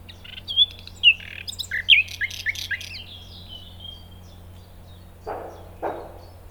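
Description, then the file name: Common nightingale singing: sharp whistled notes and down-slurred chirps in quick succession, then quieter. "Luscinia megarhynchos"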